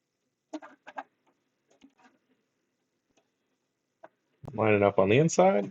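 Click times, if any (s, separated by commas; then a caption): none. An expansion card is lined up inside the case of a Gateway DX4860 UR15P before being pushed into the motherboard slot. Only small handling ticks are heard, the sharpest at about 0.5, 1.0 and 4.0 seconds, and then someone talks. Nothing has seated or clicked yet.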